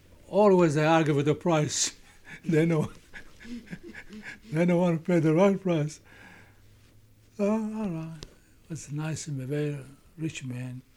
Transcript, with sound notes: Always they argue with the price. They know. ( he laughs ) They don't want to pay the wrong price. All right. He was nice, a rich man.